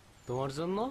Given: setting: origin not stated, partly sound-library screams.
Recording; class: one-second piece from a danger detection set; normal situation